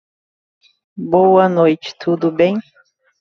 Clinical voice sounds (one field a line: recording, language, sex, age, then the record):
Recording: short text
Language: Brazilian Portuguese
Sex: female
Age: 40 to 49 years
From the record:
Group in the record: control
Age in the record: 41 years